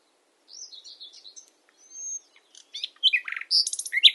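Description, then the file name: Common nightingale song: scattered soft warbles and one thin pure whistle, then louder buzzy trills and chattering notes building toward the end. "Luscinia megarhynchos"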